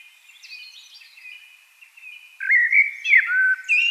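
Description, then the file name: Eurasian blackbird song: soft twittering at first, then a loud run of mellow, whistled notes, some rising and some falling, ending on a high squeak. "Turdus merula"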